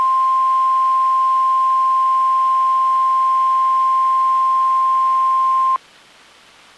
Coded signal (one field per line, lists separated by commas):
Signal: Emergency Alert System (SAME) tones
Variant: 1050 Hz attention tone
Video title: NOAA Weather Radio - Weekly EAS Test - 8/15/18